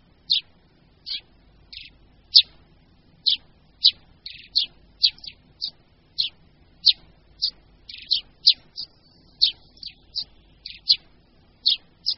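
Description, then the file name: Eurasian tree sparrow giving single sharp chirps, repeated roughly every half second to second, some notes doubled, against a quiet background. "Vrabec-polní"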